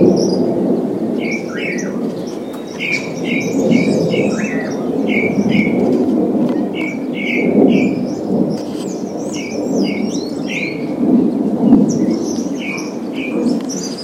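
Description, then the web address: Bird song of repeated downslurred whistled chirps in quick runs, pausing now and then, over a strong low rumbling background. "os passaros"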